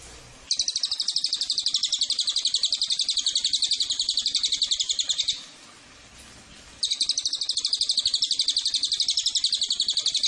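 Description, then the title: Cililin trilling: a fast, high string of evenly repeated buzzy pulses, stopping for about a second and a half midway, then starting again. Recording used as a tutor (masteran) or lure (pancingan) for Cililin birds. "MASTERAN SUARA BURUNG CILILIN BISA JUGA PANCINGAN CILILIN"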